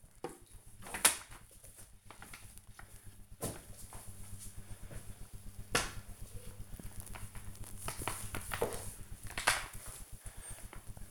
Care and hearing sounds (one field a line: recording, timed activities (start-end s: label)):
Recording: household activities, microphone on the right wrist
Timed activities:
0.00-11.11 s: floor cleaning